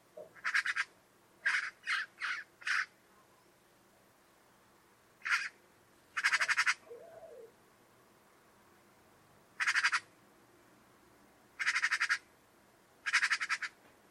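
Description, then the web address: Bird with rasping, rattled calls given in short bursts, some single and some in quick clusters, spread unevenly across the recording. "Deverinetal 2025 File origin Bird Only"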